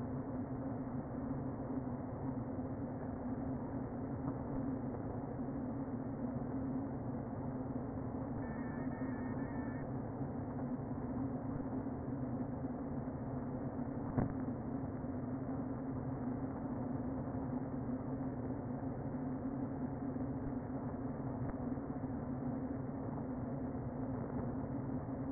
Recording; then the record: honeybee colony, microphone inside the hive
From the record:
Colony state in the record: queen present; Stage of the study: before two queens were removed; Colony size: about 60,000 bees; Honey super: yes